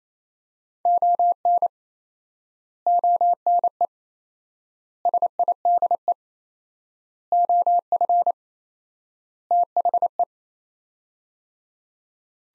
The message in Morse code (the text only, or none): ON ONE SIDE OF THE